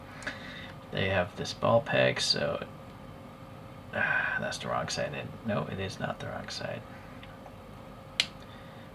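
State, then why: Seated. A plastic arm from a Bandai Gashapon Senshi Forte 16 Gundam Aerial F101 figure is pressed onto the shoulder ball peg while someone talks. After a quiet stretch of handling, a single sharp click at 8.2 seconds marks the arm snapping into place.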